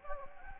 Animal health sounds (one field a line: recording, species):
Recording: mosquito wingbeat signal from an infrared sensor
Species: Anopheles gambiae